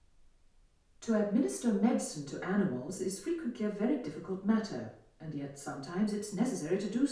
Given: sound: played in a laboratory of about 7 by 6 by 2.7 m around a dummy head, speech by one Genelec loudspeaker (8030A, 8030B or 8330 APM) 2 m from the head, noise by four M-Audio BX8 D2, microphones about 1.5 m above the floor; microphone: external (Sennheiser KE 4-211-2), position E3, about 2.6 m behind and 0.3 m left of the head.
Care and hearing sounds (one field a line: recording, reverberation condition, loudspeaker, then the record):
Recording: female speech in English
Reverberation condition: medium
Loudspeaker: 60 degrees to the right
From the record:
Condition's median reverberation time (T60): about 510 ms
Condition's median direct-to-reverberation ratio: about -0.5 dB